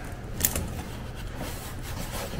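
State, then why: Seated. A metal wiper arm is lined up on the splined wiper shaft of a 1949 Chevy 3600 truck and pushed on until its small keeper holds it. Two sharp hits are heard at about 0.5 s and 0.6 s over a low steady background hum. The arm is seated on the shaft and does not come off.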